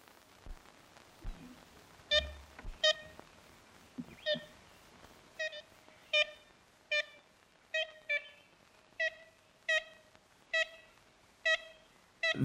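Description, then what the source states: Ivory-billed Woodpecker calls: nasal, tooting notes like a toy horn, repeated roughly every second. Wild birds calling in a Louisiana swamp near a nest hole high in a tree; first and possibly last recording of the species.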